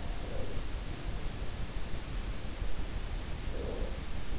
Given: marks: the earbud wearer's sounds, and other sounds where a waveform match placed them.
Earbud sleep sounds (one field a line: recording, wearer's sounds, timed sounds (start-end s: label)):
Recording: sounds in sleep by an in-ear microphone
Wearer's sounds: breath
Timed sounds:
0.00-0.85 s: breath
3.36-4.22 s: breath